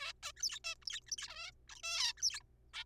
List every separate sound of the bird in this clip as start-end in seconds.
0.01-0.12, 0.23-0.32, 0.37-0.42, 0.43-0.59, 0.64-0.74, 0.82-0.85, 0.87-1.00, 1.07-1.11, 1.12-1.16, 1.18-1.50, 1.69-1.75, 1.75-1.79, 1.83-2.12, 2.17-2.22, 2.22-2.40, 2.41-2.44, 2.74-2.83